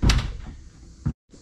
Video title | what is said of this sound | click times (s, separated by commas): Installing a GM Accessories Bed Cover on my 2024 Denali Ultimate HD | once that snaps in then we can grab the next segment here and again | 0.1 s